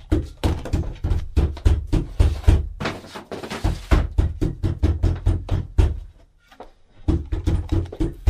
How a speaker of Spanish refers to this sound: Voy a trancar la puerta con algo más. Ya vengo.